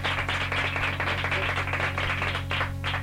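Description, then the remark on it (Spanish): Steady applause from a group at a school carnival chirigota performance, a dense, continuous patter of many hands clapping for about three seconds, with a low steady hum underneath. “Un aplauso para tu compañero, ¿no?”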